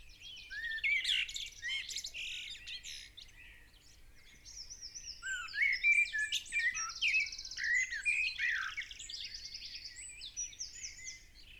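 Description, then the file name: Common blackbird singing busy overlapping phrases: low fluted notes, rising squeaks and rapid buzzy trills, rising and falling in loudness, with steady low background noise. "Turdus merula"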